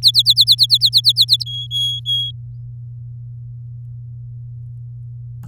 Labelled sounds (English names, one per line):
Domestic Canary song